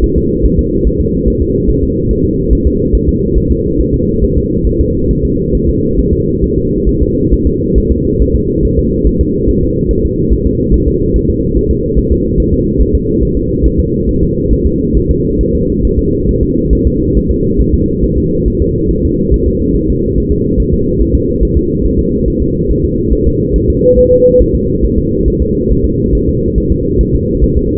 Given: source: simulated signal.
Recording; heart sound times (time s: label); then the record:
fetal heart sounds
0.04 s: S1
0.18 s: S2
0.45 s: S1
0.59 s: S2
0.87 s: S1
1.01 s: S2
1.28 s: S1
1.42 s: S2
1.70 s: S1
1.83 s: S2
2.11 s: S1
2.25 s: S2
2.53 s: S1
2.67 s: S2
2.95 s: S1
3.09 s: S2
3.38 s: S1
3.52 s: S2
3.81 s: S1
3.94 s: S2
4.24 s: S1
4.38 s: S2
4.67 s: S1
4.81 s: S2
5.11 s: S1
5.25 s: S2
5.55 s: S1
5.69 s: S2
5.99 s: S1
6.13 s: S2
6.44 s: S1
6.58 s: S2
6.89 s: S1
7.03 s: S2
7.33 s: S1
7.47 s: S2
7.78 s: S1
7.92 s: S2
8.22 s: S1
8.35 s: S2
8.65 s: S1
8.79 s: S2
9.07 s: S1
9.21 s: S2
9.49 s: S1
9.63 s: S2
9.91 s: S1
10.05 s: S2
10.33 s: S1
10.46 s: S2
10.74 s: S1
10.88 s: S2
11.16 s: S1
11.30 s: S2
11.57 s: S1
11.71 s: S2
11.99 s: S1
12.12 s: S2
12.40 s: S1
12.54 s: S2
12.81 s: S1
12.95 s: S2
13.23 s: S1
13.37 s: S2
13.66 s: S1
13.80 s: S2
14.09 s: S1
14.23 s: S2
14.53 s: S1
14.66 s: S2
14.97 s: S1
15.11 s: S2
15.41 s: S1
15.55 s: S2
15.85 s: S1
15.99 s: S2
16.29 s: S1
16.43 s: S2
16.73 s: S1
16.87 s: S2
17.17 s: S1
17.31 s: S2
17.61 s: S1
17.74 s: S2
18.04 s: S1
18.18 s: S2
18.48 s: S1
18.62 s: S2
18.91 s: S1
19.05 s: S2
19.34 s: S1
19.48 s: S2
19.76 s: S1
19.90 s: S2
20.18 s: S1
20.32 s: S2
20.60 s: S1
20.73 s: S2
21.01 s: S1
21.15 s: S2
21.43 s: S1
21.57 s: S2
21.86 s: S1
21.99 s: S2
22.28 s: S1
22.42 s: S2
22.71 s: S1
22.84 s: S2
23.13 s: S1
23.27 s: S2
23.56 s: S1
23.70 s: S2
23.99 s: S1
24.12 s: S2
24.42 s: S1
24.55 s: S2
24.85 s: S1
24.98 s: S2
25.28 s: S1
25.42 s: S2
25.71 s: S1
25.85 s: S2
26.15 s: S1
26.29 s: S2
26.58 s: S1
26.72 s: S2
27.01 s: S1
27.15 s: S2
27.44 s: S1
27.57 s: S2
From the record:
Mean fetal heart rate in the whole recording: 140 bpm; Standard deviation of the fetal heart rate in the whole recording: 2 bpm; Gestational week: 34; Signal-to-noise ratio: -14.7 dB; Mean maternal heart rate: 72 bpm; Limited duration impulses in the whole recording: present